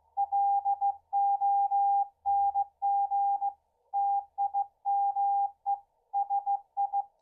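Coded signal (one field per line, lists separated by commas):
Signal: Morse code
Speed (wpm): 16 wpm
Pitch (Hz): 800 Hz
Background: none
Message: LONG TIME SI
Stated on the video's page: Ham HF band signals received on a home-built receive-only loop antenna laid on the ground.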